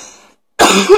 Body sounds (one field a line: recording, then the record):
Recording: coughing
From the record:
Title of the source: 64 coughing, allergies, singing lungs